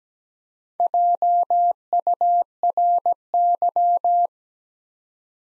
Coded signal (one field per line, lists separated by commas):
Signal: Morse code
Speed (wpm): 17 wpm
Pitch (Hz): 700 Hz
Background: none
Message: JURY